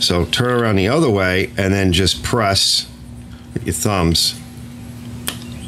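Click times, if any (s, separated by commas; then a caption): 5.3 s. A one-way plastic spring-retaining part, turned the right way round and lubricated with a little oil, is pressed with the thumbs into the engine housing of a Craftsman M110 140cc lawn mower while someone talks. A sharp snap at 5.3 s marks the part seating into place.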